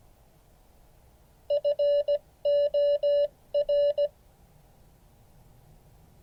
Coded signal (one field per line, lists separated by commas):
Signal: Morse code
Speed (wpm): 17 wpm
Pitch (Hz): 580 Hz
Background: none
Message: FOR